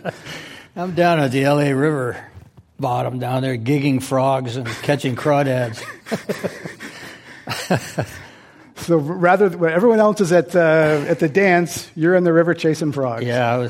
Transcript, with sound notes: I'm down at the L.A. River bottom down there gigging frogs and catching crawdads. [Laughter]
So rather, when everyone else is at the dance, you're in the river chasing frogs.